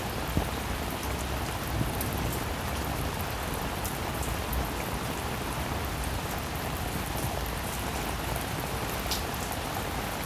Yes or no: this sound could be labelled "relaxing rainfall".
yes